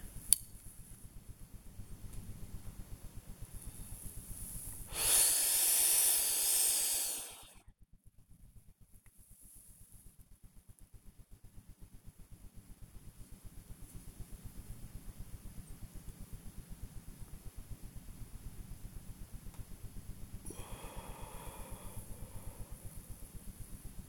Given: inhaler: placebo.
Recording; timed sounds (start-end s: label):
one use of a dry powder inhaler by a smartwatch
0.05-0.66 s: inhaler activation
4.90-7.69 s: inhalation
20.39-23.31 s: exhalation